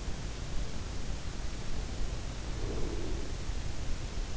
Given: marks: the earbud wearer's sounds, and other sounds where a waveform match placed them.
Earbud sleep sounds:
sounds in sleep by an in-ear microphone; breath
2.62-3.67 s: breath

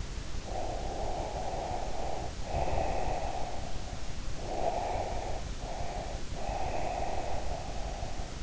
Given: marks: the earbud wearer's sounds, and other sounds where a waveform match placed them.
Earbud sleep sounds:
sounds in sleep by an in-ear microphone; breath
0.37-4.11 s: breath
4.40-8.43 s: breath

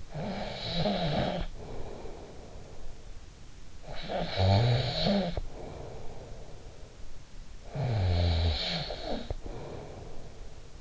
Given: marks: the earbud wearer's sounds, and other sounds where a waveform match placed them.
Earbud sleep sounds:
sounds in sleep by an in-ear microphone; snoring breath
0.00-2.98 s: snoring breath
3.76-6.95 s: snoring breath
7.66-10.81 s: snoring breath

